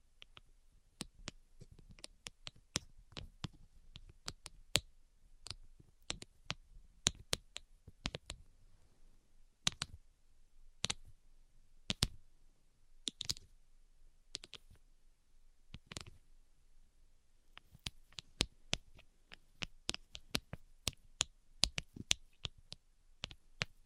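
Sharp, bright taps sound irregularly throughout, sometimes in quick clusters and sometimes spaced out, over a faint low hum and quiet background.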